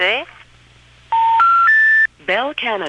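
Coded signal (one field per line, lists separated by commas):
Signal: telephone call progress tone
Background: speech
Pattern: special information tone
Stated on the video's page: Tones from an independent step-by-step telephone exchange still in service.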